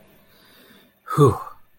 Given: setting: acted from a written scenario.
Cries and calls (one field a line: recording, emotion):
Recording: vocal sound without words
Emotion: relief